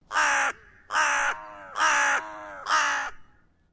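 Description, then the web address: Crow cawing: four loud, harsh 'krah' caws about a second apart, with a fainter crow calling in the background between them. Four 'krah' calls given, with another crow calling in the background. "Lynne Music 2 Bird-Crow-Krah-4-Times-Other-Crow-In-Background"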